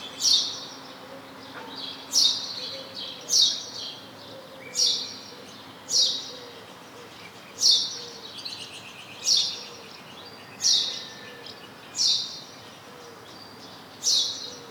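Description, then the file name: House sparrow calling with sharp, bright chirps repeated roughly every one and a half seconds, at slightly uneven gaps, over a faint background hum. "Passer domesticus"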